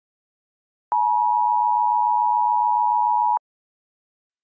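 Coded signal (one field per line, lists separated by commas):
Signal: Emergency Alert System (SAME) tones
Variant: 853 and 960 Hz attention tone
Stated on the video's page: Mock, simulated Blue Alert over NOAA Weather Radio, not a real broadcast.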